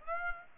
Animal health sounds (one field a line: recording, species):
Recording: mosquito wingbeat signal from an infrared sensor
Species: Aedes aegypti